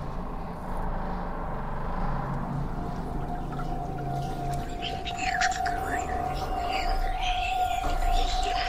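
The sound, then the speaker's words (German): A steady, sustained whistling tone emerges after a couple of seconds and grows stronger, riding over a dense rumbling wash of noise, with swirling higher sounds joining toward the end. “Ein Pfeifen.”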